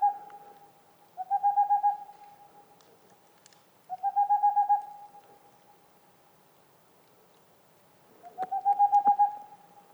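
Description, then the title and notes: Boreal owl singing, rapid runs of hollow hoots forming brief trills, three full bursts, with faint clicks in the background. Singing male near a black woodpecker nest hole, in the mountains near the Mediterranean, 2 April 2019, 20:15, evening; homemade parabolic dish, two omni microphones, MixPre 3 recorder. "Une chouette pas si boréale. 02 avril 2019-20h15-en montagne. la Tengmalm boréale ( Aegolius funereus) , pas si boréale que cela car nous sommes aux portes de la méditerranée"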